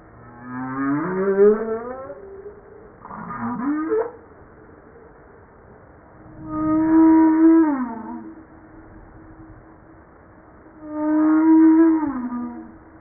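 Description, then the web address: Humpback whale song with rising harmonic whoops, a short rasping unit, then long moans that fall away at the end. Recorded 5 March 1994 at 09:52; from a 2013 JASA publication. "pub JASA 2013 Blue Bowhead Fin Humpback Southern Right Whale humpback-01 940305-0952"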